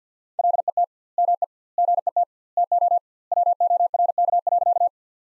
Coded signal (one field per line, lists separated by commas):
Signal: Morse code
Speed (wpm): 48 wpm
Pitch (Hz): 700 Hz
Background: none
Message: LET ME GET TO WORK.